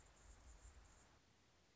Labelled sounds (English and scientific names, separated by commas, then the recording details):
Anna's Hummingbird (Calypte anna)
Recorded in Sonoma County, California